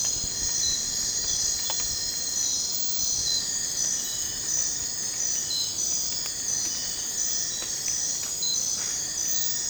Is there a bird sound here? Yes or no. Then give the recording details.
no. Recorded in dense forest near Puerto Asís, Putumayo, Colombia, on 20 December 2024 at 00:00. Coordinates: 0.466, -76.327. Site G075